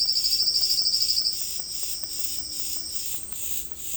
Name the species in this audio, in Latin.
Sclateria naevia